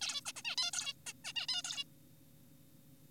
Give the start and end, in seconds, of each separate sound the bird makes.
0.01-0.21, 0.26-0.33, 0.36-0.42, 0.45-0.56, 0.58-0.71, 0.73-0.93, 1.06-1.12, 1.25-1.33, 1.36-1.47, 1.49-1.62, 1.65-1.84